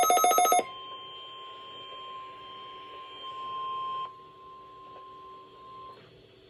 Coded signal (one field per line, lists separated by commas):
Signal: Emergency Alert System (SAME) tones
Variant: 1050 Hz attention tone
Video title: THE FRESH NEW START OF IT ALL - EAS Alert Tests From 4/19/23 (EAS #1-7)